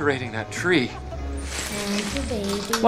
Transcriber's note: soundbite of tree being shaken